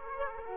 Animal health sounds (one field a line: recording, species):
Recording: mosquito wingbeat signal from an infrared sensor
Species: Aedes aegypti